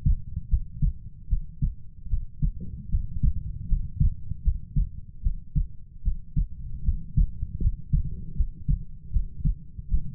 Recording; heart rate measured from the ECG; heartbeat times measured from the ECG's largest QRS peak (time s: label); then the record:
heart sounds by stethoscope; 77 bpm
0.48 s: heartbeat
1.28 s: heartbeat
2.08 s: heartbeat
2.89 s: heartbeat
3.67 s: heartbeat
4.42 s: heartbeat
5.21 s: heartbeat
6.02 s: heartbeat
6.83 s: heartbeat
7.60 s: heartbeat
8.35 s: heartbeat
9.11 s: heartbeat
9.88 s: heartbeat
From the record:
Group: healthy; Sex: female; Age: 19 years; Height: 163 cm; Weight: 48.9 kg